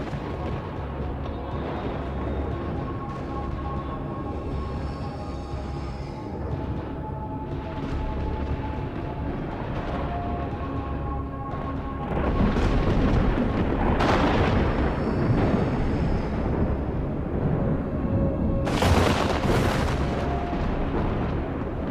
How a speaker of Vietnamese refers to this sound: Tiếng lôi điện lẹt đẹt, to dần trên không trung. Những trụ thần lôi như là cột đình ầm ầm bổ xuống một cách đáng sợ.